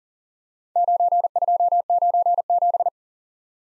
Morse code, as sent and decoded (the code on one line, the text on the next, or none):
----. ..--- ----. --...
9297